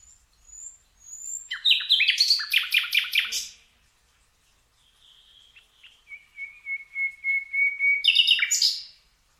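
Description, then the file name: Common nightingale song with rapid buzzy note runs, soft thin whistles, then a long level pure whistle leading into sharp chirps. "Luscinia megarhynchos"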